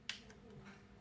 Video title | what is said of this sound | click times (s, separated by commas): Trying To FIx Hyper X Cloud Core Wireless Headset | nice click again no light or nothing so | 0.1 s